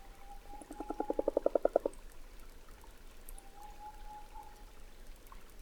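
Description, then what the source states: Common frog croak: a quick run of soft purring pulses growing louder for over a second, with a faint steady thin tone before and after. Late February, Valdrôme forest, Diois, by a temporary forest pond; frogs just emerged after a cold winter; recorded with Nagra Ares BB+ and DPA6007.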